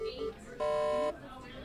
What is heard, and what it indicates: Beeping of monitors has become the ever-present audio wallpaper of hospital units. Medical devices monitoring patients send off alerts when something is not quite right. Heart rate is off, beep, pulse is low, beep, beep, ventilator seems to be malfunctioning, another alarm.